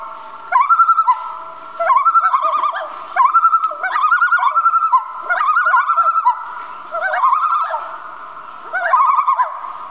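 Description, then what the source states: Repeated common loon tremolos, fast wavering laughs in bursts every second or so, with several loons calling over one another. Family group of loons, described as Canadian.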